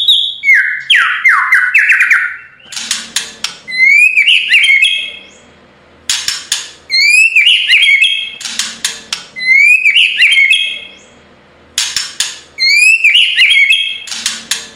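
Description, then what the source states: White-rumped shama singing: a series of falling whistles, then loud rising whistled phrases alternating with bursts of harsh clicking notes, repeated several times. Training recording (masteran) of full rolling song (ngerol) in nembak style.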